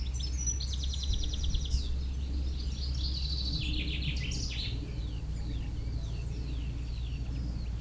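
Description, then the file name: European Goldfinch calls, rapid tinkling twitters in two short bursts early and midway, with constant deep background rumble. "Carduelis carduelis"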